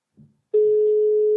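A brief soft click, then a loud, steady single-pitched telephone tone that holds unbroken to the end, as a call to an official telephone number rings through on the line.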